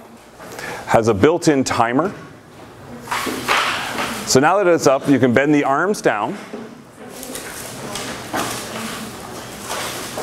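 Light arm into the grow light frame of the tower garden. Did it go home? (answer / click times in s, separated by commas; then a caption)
no / none. Someone talks while handling the grow light unit of an aeroponic tower garden, where the arms are bent down so their ends can be clicked into the light frame. A brief thump is heard at 7.2 s, but nothing has seated or clicked into place yet.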